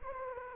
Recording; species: mosquito wingbeat signal from an infrared sensor; Anopheles gambiae